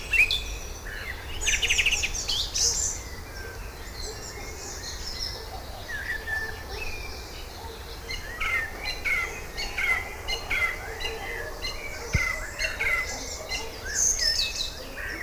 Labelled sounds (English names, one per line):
Song Thrush song